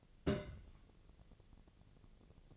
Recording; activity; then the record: daily activity, microphone in the room; place on stove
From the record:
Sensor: 4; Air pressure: 1000.8 hPa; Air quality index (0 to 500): 127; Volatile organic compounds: 1 ppm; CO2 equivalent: 952 ppm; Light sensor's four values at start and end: 42/103/44/48 and 42/103/43/48